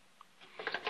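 The protective waveguide cover of a microwave oven, a plastic or mica plate held by latches on the side, is being brought back into position against the oven cavity wall. A faint tick sounds at about 0.2 s, then handling noise builds from 0.4 s, with sharp clattering knocks around 0.7 s and 0.9 s. The cover has not seated or clicked into place yet.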